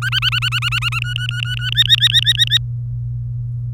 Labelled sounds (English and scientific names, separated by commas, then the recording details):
Domestic Canary (Serinus canaria) song
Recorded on 23 April 2018 at 17:21
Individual llb3